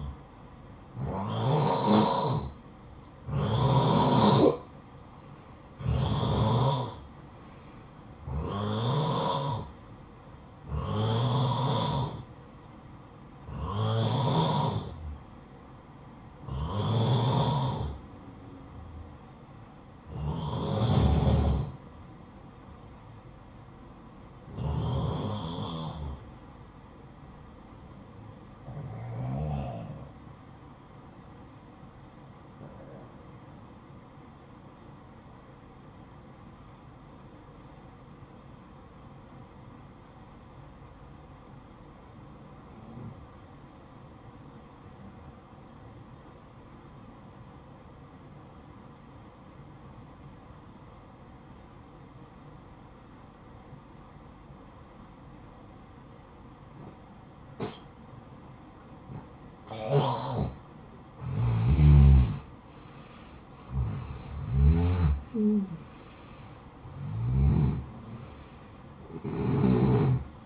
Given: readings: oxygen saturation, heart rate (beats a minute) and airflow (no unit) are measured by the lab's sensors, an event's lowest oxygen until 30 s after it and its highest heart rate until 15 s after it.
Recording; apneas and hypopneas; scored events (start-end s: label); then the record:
breathing in sleep by a smartphone at the bedside; 1
35.00-62.10 s: hypopnea (N2, oxygen 95% highest, then 89% lowest, heart rate 60 at the start, 74 highest)
From the record:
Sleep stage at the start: N2 (light sleep); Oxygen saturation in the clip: 89 to 95%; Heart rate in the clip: 56 to 74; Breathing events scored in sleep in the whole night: 573 in 9.8 hours asleep